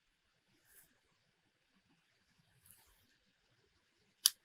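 A vein-glue (medical adhesive) dispenser gun's trigger is squeezed to deliver the next segment of glue. After faint, soft rustling sounds near 0.8 and 2.7 s, a sharp, loud click at 4.3 s marks the trigger's full stroke, which recharges the gun for the next delivery.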